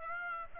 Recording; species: mosquito wingbeat signal from an infrared sensor; Aedes aegypti